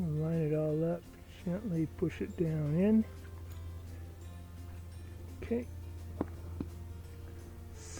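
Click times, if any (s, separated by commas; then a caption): 6.2 s. A new rubber diaphragm and spring assembly for a lawn sprinkler valve with a slow leak is lined up and gently pushed down into the plastic valve body while someone talks over light background music. A sharp, short click at 6.2 seconds is followed by a softer tap at 6.6 seconds as the assembly clicks into place and sits down nicely.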